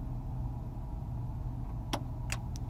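On a Mercedes 600SL convertible, a button is pressed and held against its travel to reset the pop-up roll bar, over a steady low hum. At 1.9 s the latch at the back of the roll bar gives a sharp click, followed by two fainter clicks around 2.3 s and 2.6 s. The roll bar mechanism latches into place.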